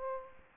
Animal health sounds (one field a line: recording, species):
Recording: mosquito wingbeat signal from an infrared sensor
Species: Aedes aegypti